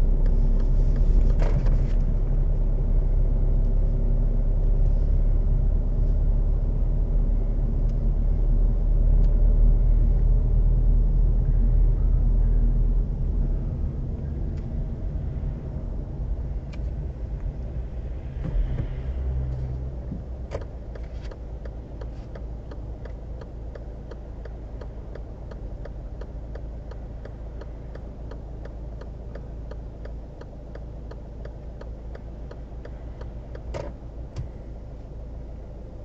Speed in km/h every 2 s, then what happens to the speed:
17, 17, 18, 19, 19, 20, 20, 16, 10, 3, 1, 0, 0, 1, 0, 0, 0, 0.
0-12 steady at about 19. 12-19 slows to 1. 19-36 standing.